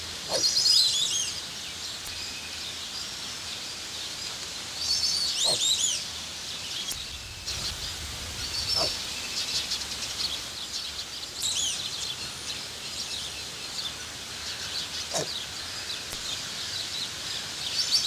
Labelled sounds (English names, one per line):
Kori Bustard call